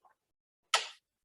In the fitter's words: there we go all right i've just moved my sleeve over and i've locked this gear now